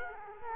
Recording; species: mosquito wingbeat signal from an infrared sensor; Culex quinquefasciatus